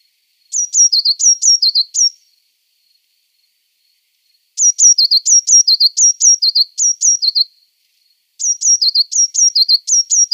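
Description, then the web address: Eurasian blue tit song: quick repeated phrases of bright falling notes, sung in three bursts separated by short silences. "Schulze Peter Eurasian Blue Tit song"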